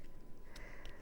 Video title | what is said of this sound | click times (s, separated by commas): Sewing Street-03/04/23- Carry All Tote Bag & Spring Meadow Cushion With Sandi Millichip-Massocchi | oh just spins this way look and it locks into place then you hear it click into place | 0.6 s, 0.9 s